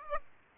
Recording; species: mosquito wingbeat signal from an infrared sensor; Aedes aegypti